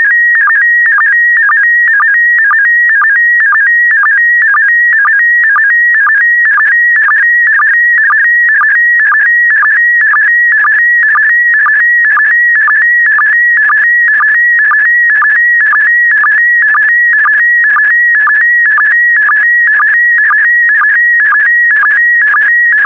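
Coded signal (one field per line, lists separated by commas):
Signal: SSTV (slow-scan television)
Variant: PD120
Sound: continuous warbling tone with rapid pitch steps and steady rhythmic sync chirps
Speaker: complete you can now check your decoded image against the picture that is shown on the video that concludes the daily transmission of slow scan tv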